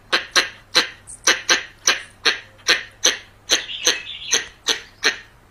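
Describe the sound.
Variable squirrel making repeated coarse, scratchy barks, with a thin drawn-out squeal blending in later on.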